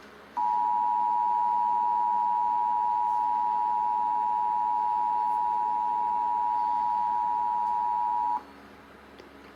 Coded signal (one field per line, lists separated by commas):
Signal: Emergency Alert System (SAME) tones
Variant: 853 and 960 Hz attention tone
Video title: (EAS #109) Real EAS Alert on WOUB PBS (Winter Storm Warning) (01/24/2026)